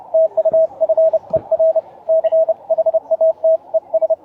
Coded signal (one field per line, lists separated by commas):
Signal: Morse code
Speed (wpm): 30 wpm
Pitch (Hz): 650 Hz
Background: radio noise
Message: TU FER CHATES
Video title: Chat with Rich G4FAD abt learning Morse & our Journey into QRQ CW